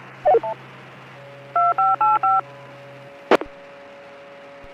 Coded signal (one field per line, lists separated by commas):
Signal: DTMF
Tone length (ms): 190 ms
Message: 2585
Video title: Let's Listen to 2m traffic! 28th of May 2026